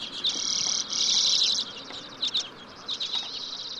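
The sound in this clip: Common Redpoll calls: buzzy high notes and short rapid chatters in quick bursts.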